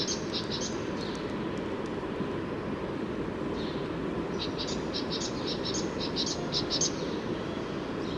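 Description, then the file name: Great tit calls: rapid bursts of short, sharp, high notes at the start and again in the second half, above constant low droning noise. "Parus major"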